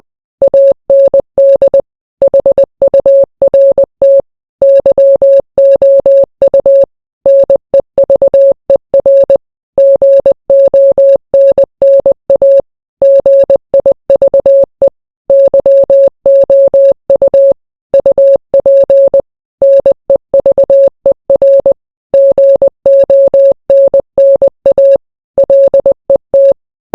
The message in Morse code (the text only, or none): AND HURT YOU NEVER GONNA GIVE YOU UP NEVER GONNA LET